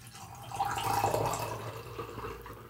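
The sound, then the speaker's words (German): Tea is poured into a cup in a steady, gurgling trickle lasting about two seconds, its pitch creeping upward as the cup fills. It's fairly soft, and no one speaks. “Jetzt kannst du endlich für das Mikro Tee einschenken.”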